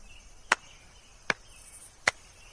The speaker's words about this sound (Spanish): Así. Aplaudan. ¡Rápido, aplaudan!